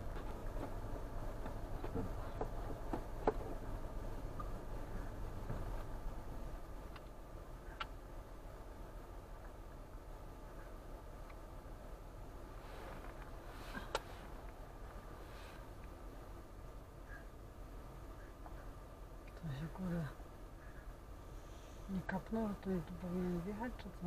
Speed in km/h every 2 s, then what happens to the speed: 0, 0, 0, 0, 0, 0, 0, 0, 0, 0, 0, 0.
0-24 standing.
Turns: none.